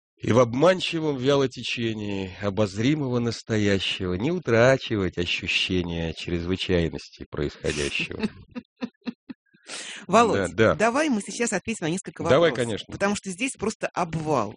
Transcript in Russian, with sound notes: И в обманчивом вялотечении обозримого настоящего Не утрачивать ощущения чрезвычайности происходящего.: (Хохочет)
Володя, давай мы сейчас ответим на несколько вопросов, потому что здесь просто обвал!